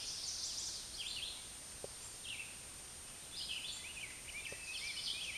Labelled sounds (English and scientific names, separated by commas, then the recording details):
Red-eyed Vireo (Vireo olivaceus) song
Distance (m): 10 m
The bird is about level with the microphone
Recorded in a Pennsylvania forest on 16 May 2024 at 09:08
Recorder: AudioMoth, point MSD-2083
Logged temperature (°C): 16.7 °C
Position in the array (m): 150 m, 27 m